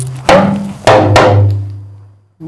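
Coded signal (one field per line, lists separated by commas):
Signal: talking drum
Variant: Yoruba dùndún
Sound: three resonant drum strokes, the last two close together, with low pitch ringing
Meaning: Goodbye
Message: Odabo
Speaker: I want to say goodbye to my audience. So how do I say goodbye? Odabo. Odabo. How do I say that?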